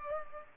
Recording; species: mosquito wingbeat signal from an infrared sensor; Culex pipiens